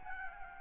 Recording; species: mosquito wingbeat signal from an infrared sensor; Aedes albopictus